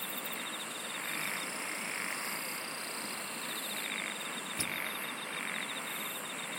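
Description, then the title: Insects singing in a steady chorus, with rapid pulsed trills near a high pitch and fainter, even higher buzzing phrases that come and go over a broad hiss. "SINGING OF INSECTS"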